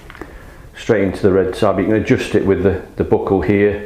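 The plastic tongue of a helmet's chin strap is pushed into the red-tab receiver of its quick-release buckle and ratchets in with a short series of clicks starting at 0.1 s, seating the buckle. Someone then talks.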